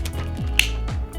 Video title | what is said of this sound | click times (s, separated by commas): Hitz® Professional HB-5677 Cordless Vacuum Cleaner 20V Brushless Motor - Introduction & Unboxing | of course until you hear the sound click | 0.6 s